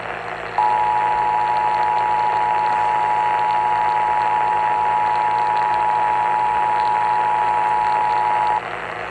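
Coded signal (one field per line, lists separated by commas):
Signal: Emergency Alert System (SAME) tones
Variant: 853 and 960 Hz attention tone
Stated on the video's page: Severe Thunderstorm Warning received on AM radio.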